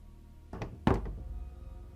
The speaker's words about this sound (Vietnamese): Ngọc lại nghe có tiếng gõ cửa vang lên trong đêm.